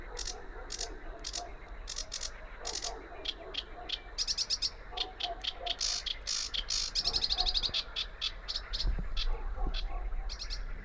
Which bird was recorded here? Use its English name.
Sedge Warbler